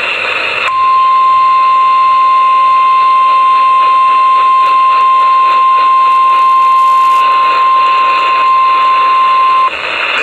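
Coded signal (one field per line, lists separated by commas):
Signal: Emergency Alert System (SAME) tones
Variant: 1050 Hz attention tone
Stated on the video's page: Required Monthly Test on an FM station.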